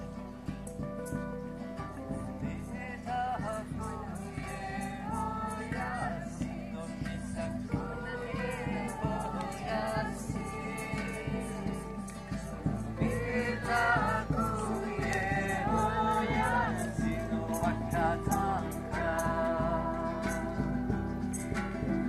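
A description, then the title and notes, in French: Spontaneous singing around a sacred fire, with voices drawing wavering melodic lines over a steady, full low drone. Sharp clicks or taps land throughout at an irregular pace, and the whole sound slowly grows louder toward the end. Chant spontané autour du feu sacré au Healing Heart Festival 2022 à la ferme de Mamajah à Bernex, Genève.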